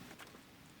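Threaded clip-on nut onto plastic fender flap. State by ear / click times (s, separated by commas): not seated / none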